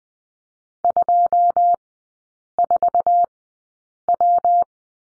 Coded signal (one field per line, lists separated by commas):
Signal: Morse code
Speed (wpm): 20 wpm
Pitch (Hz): 700 Hz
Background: none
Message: 24W